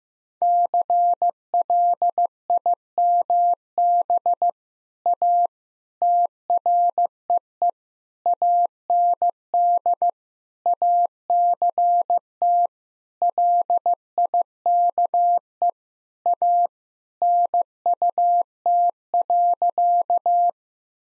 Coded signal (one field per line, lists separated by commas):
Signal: Morse code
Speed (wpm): 15 wpm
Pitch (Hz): 700 Hz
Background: none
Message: CLIMB A TREE AND ACT LIKE A NUT.